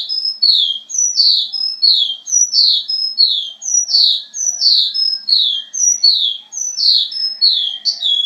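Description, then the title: Javan bush lark song, rhythmic phrases of high, descending chirped notes repeated in quick succession. "Suara Burung Branjangan"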